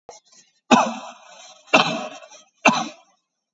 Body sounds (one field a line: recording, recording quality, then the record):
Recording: heavy voluntary cough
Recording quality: excellent, no background noise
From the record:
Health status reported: COVID-19 positive, mild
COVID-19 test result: positive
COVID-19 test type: RT-PCR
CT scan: taken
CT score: 5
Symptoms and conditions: fever, fatigue, muscle pain, hypertension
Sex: male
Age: 42 years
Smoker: yes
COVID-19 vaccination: one dose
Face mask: worn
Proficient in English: yes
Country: India